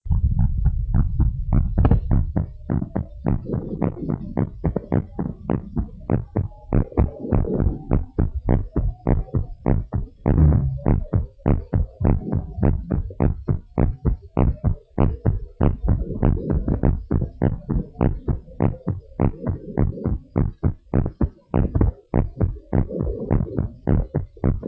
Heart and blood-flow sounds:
heart sounds of a pregnant woman by stethoscope
no fetal heartbeat
From the record:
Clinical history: mild mitral prolapse of the mother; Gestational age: 39 weeks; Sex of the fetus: boy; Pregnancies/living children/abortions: 2/1/0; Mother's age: 33 years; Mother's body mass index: 28.3

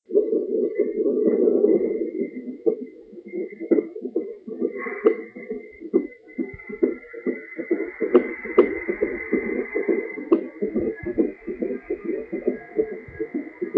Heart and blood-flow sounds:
fetal heart sounds by stethoscope on the mother's abdomen
0.00-10.00 s: 137 bpm
From the record:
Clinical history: decreased amniotic fluid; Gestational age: 36 weeks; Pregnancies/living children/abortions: 4/1/2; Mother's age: 29 years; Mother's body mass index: 32.3

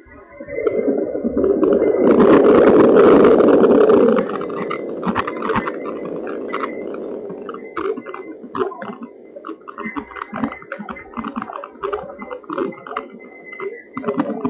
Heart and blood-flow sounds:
fetal heart sounds by stethoscope on the mother's abdomen
0.00-10.00 s: 131 bpm
10.00-14.49 s: 130 bpm
From the record:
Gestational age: 37 weeks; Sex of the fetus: boy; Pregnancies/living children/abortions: 4/3/0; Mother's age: 40 years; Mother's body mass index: 28.6

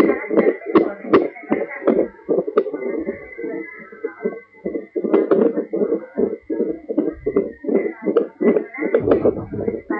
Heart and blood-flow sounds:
fetal heart sounds by stethoscope on the mother's abdomen
0.00-10.00 s: 157 bpm
From the record:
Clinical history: preeclampsia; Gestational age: 36 weeks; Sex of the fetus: girl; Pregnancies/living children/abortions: 2/0/1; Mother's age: 33 years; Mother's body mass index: 37.5

